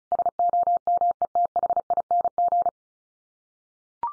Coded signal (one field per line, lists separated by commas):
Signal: Morse code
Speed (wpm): 34 wpm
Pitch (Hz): 700 Hz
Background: none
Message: SOMETHING